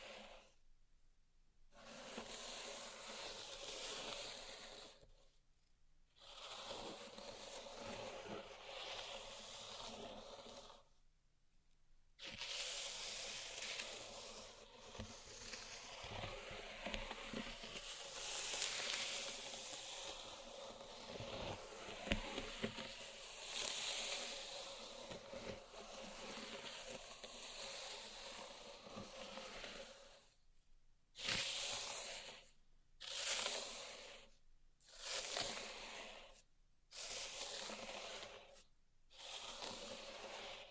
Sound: Pink Salt Zen Garden Triggers